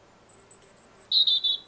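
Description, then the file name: European robin song fragment, a string of very high thin notes followed by a few louder, buzzy pulsed notes. "Erithacus rubecula"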